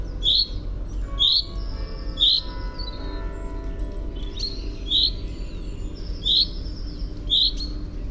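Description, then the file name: Common chaffinch calling with emphatic single 'pink' notes, six in all, mostly about a second apart but with a pause of nearly three seconds mid-way, faint whistled tones in between and a low steady hum behind. "Fringilla coelebs"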